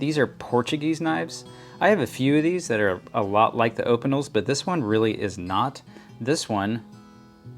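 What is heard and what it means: Someone talks while handling a wood-handled folding knife whose blade locks open into its wooden handle. Only speech is heard, and the blade has not yet locked into place.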